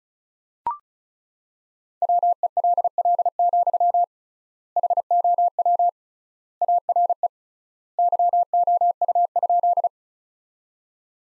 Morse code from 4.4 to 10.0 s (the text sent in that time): HOW ARE YOU?